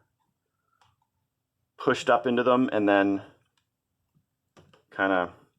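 A plastic hinge-area cover on a ThinkPad L13 Yoga Gen 1 is pushed up into its mounts on the laptop chassis during reassembly after a hinge frame repair, while someone talks. A few faint, quiet ticks sit between the speech, but the part has not snapped into place yet; nothing has seated or clicked.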